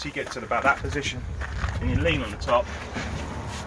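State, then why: Not seated. Someone talks while a campervan rock-and-roll bench seat/bed frame is pushed back and down by hand toward its locked seat position, where the final stretch of the push works against gas struts. Soft handling and rustling sounds accompany the speech. Nothing has seated or clicked into place yet.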